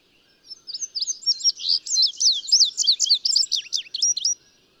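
Bird song: a rapid run of high, slurred whistles and chirps delivered as one phrase of about four seconds.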